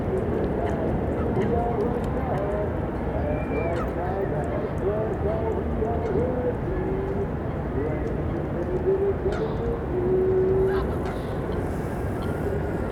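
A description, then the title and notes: A large funfair crowd carries across a lake, a dense, steady murmur of many voices with occasional shouts and higher calls rising above it. Brief whistle-like tones and faint clicks surface now and then, and the din swells slightly around ten seconds. City park funfair. Captured early in the early evening in a city centre park. Across the lake, there is a large funfair which is being well attended. Steam is rising from the funfair as the temperature drops and people pack the place.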